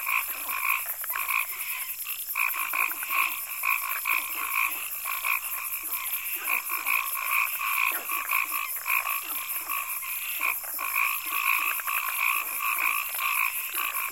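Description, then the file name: Many frogs croaking together in a continuous throbbing chorus of quick repeated notes, overlaid by a constant shrill pulsing trill. Frogs croaking in a swamp in Africa. "Lyagushki v bolote kvakajut - afrika"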